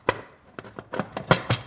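A metal pressure cooker lid is lined up by its marks with the pot and turned until it locks down. A series of metallic clunks and knocks is heard, with the lid seating firmly into place at 1.3 s.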